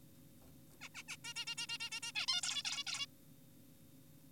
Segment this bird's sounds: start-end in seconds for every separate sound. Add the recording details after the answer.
0.81-0.89, 0.95-1.03, 1.08-1.17, 1.24-1.34, 1.36-1.45, 1.47-1.55, 1.58-1.66, 1.69-1.78, 1.80-1.90, 1.92-2.00, 2.03-2.12, 2.16-2.26, 2.28-2.41, 2.43-2.63, 2.65-2.84, 2.87-3.06. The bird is an adult. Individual g4p5U